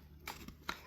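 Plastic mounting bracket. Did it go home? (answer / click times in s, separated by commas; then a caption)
no / none. On a bench, a fire extinguisher's plastic quick-release bracket, with a pin that slides into a slot, is handled into its steel mount, part of a custom fire extinguisher setup for a 2022-and-later GR86. Short plastic clacks and scrapes of handling are heard at about 0.3, 0.5 and 0.7 seconds over a low background hum. Nothing has seated or latched yet.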